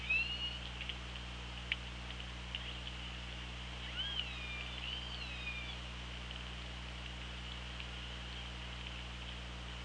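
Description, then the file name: Orca calls: bending tonal sweeps and upswept whistles near the start and again around four to five seconds, with scattered clicks over constant hiss and low hum. Hydrophone at OrcaLab, 24 August 2017 at 16:56. "Orca Lab UTLN JASON 20170824 165633"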